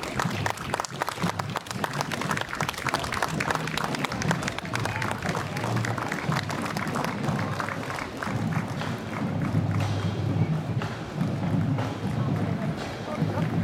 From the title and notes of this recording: Listen to the soundscape of the Memorial Day parade on College Ave in Downtown Appleton.